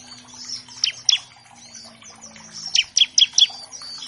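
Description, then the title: Bar-winged Prinia song: two isolated chips, then a rapid run of four sharp high notes, over buzzy background twittering and a steady low hum. Vigorously singing (gacor) ciblek used as a master track to train all kinds of captive birds; a lure to make untrained ciblek sing quickly. "Masteran Ciblek Gacor Vs Kenari Gacor Untuk Masteran Semua Jenis Burung. Pancingan Ciblek bahan agar cepat bunyi. Burung Ciblek"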